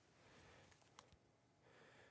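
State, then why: Seated. The removable front mask piece of a 1/6 scale collectible figure is fitted onto the figure's head. A single sharp click at 0.9 s stands out against a low, steady background hiss, as the mask seats into place on the head.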